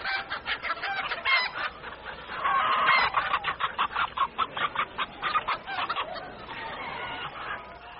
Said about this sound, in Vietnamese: Rào rào từ khắp các ngõ ngách, các chú gà lớn nhỏ chạy bổ, chạy đáo về chỗ bà chủ. Có con vội vàng quá, dấp vào những cành cây, ngã lăn lộn mấy vòng, nhưng cũng cố vội vàng bò dậy chạy về chỗ ăn.